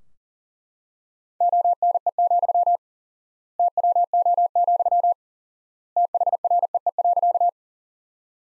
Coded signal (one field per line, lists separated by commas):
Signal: Morse code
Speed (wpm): 40 wpm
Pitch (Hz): 700 Hz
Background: none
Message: ONE, TWO, THREE.